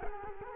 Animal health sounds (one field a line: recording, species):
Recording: mosquito wingbeat signal from an infrared sensor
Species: Culex quinquefasciatus